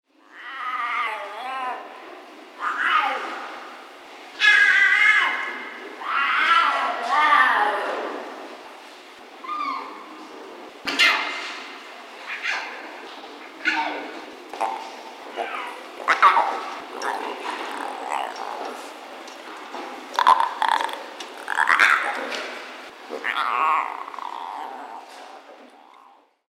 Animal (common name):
Lion